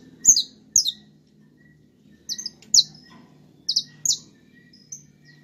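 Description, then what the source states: Domestic canary giving loud, sharp high chirps, often in pairs, over a faint low hum. Portuguese canary breed.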